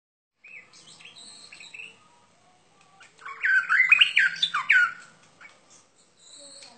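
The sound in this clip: Bird song with a burst of rapid, varied chirps and trills in the middle, preceded by softer scattered notes and faint squeaks.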